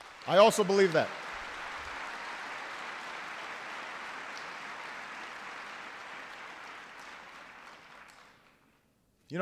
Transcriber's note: applause